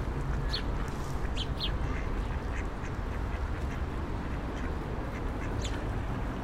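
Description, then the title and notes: Duck quacks come in a few brief clusters near the start and end, with loud continuous traffic rumble filling the background. Ducks fed by passers-by on the Old Town Promenade, Stare Miasto, Wrocław, at 16:00; passing cars and buses; Sony PCM-D50 recorder, Rode NT4 microphone, FEL BMA preamplifier. "Kaczki i gołębie na Promenadzie Staromiejskiej cz.1 Lokalizacja: Stare Miasto Czas: 16.00. Kaczki i gołębie karmione przez przechodniów. Odgłosy przejeżdżających samochodów i autobusów. Autor nagrania: Bartosz Grzyb"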